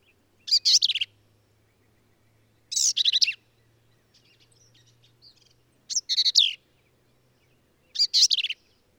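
Black-capped vireo song: four short, hurried phrases of mixed buzzy and sweet notes, spaced roughly every two to three seconds, with a faint low hum beneath.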